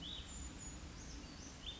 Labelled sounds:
Brown Creeper (Certhia americana)
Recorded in Sonoma County, California

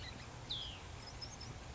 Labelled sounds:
Hutton's Vireo (Vireo huttoni)
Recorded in Sonoma County, California

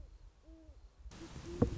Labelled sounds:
Great Horned Owl (Bubo virginianus)
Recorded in Sonoma County, California

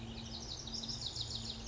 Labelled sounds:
Lazuli Bunting (Passerina amoena)
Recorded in Sonoma County, California

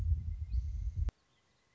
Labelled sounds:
Pileated Woodpecker (Dryocopus pileatus)
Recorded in Sonoma County, California

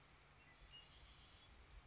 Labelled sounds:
Red-winged Blackbird (Agelaius phoeniceus)
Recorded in Sonoma County, California

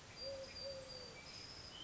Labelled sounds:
Eurasian Collared Dove (Streptopelia decaocto)
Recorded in Sonoma County, California

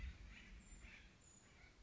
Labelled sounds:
Acorn Woodpecker (Melanerpes formicivorus)
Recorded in Sonoma County, California

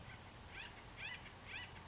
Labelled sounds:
Acorn Woodpecker (Melanerpes formicivorus)
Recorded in Sonoma County, California

